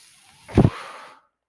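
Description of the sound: A brief, low puff of air is followed by a soft rushing hiss that fades out within about half a second. This is a single breath cycle delivered by a home mechanical ventilator, heard during a pause in the user's speech.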